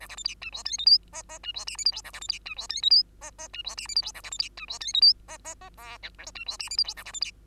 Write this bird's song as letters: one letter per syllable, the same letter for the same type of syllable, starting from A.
A B C D E F G H I J J E F K L M N A B C D E F G H I J J E F K L M N A B C D E F G H I J J J O P E F K L M N A B C D